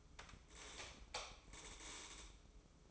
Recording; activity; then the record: daily activity, microphone in the room; light off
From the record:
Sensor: 1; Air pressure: 995.4 hPa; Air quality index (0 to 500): 27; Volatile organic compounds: 1 ppm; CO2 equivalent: 528 ppm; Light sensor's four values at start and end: 14/41/16/17 and 10/26/10/11